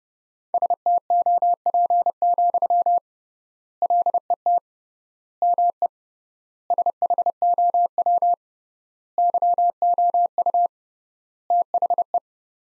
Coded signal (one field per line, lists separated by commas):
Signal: Morse code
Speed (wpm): 32 wpm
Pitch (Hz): 700 Hz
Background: none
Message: STOP, LET ME SHOW YOU THE